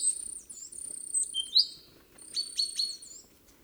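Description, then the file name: Great tit calls: thin, drawn-out high whistles with a bright rising chirp in the middle, then a few short clicks and notes, over a faint hum. "Parus major"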